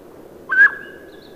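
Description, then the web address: Mountain quail giving a single loud whistled call, slightly rising, then holding steady before fading, over a low background hiss. "Mountain Quail Sounds --LNS Course Cassette"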